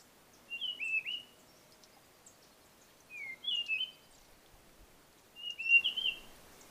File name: blue fronted robin